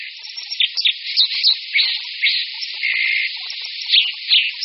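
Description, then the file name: White-throated dipper song, a continuous high scratchy warble of quick chirps and short rising sweeps, with buzzy notes running together without pause. "Skorec-vodní"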